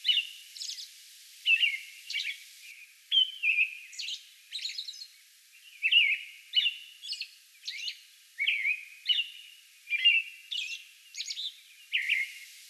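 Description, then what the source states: American robin delivering a run of warbled caroling phrases interspersed with sharp, high hissy notes. Song bout recorded on May 11.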